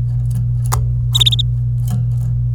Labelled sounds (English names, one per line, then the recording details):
Domestic Canary song
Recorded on 26 April 2018 at 09:17
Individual llb3